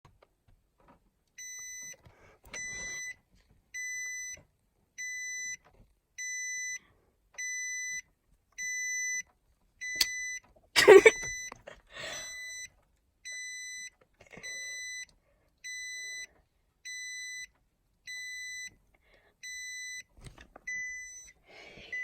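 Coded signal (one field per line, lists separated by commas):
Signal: beep code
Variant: Nissan vehicle warning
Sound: steady repeating high beeps, about 19 over the clip, with one knock midway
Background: car interior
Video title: Funny beeping noise on a 2017 Nissan Armada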